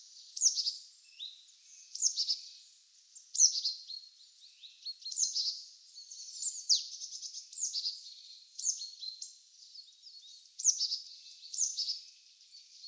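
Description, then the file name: Marsh tit calls: sharp high notes sliding downward, mixed with short buzzy chatters, given in bursts roughly every one to two seconds throughout. "Poecile palustris"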